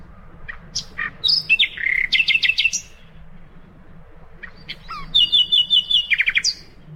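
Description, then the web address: Common nightingale song: scattered sharp notes building into a rapid chattering phrase, a pause, then a phrase of evenly repeated notes. "birdsong nightingale"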